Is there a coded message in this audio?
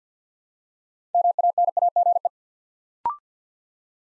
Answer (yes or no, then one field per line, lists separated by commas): yes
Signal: Morse code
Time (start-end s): 1.1-2.3 s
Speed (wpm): 50 wpm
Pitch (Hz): 700 Hz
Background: none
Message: MANAGE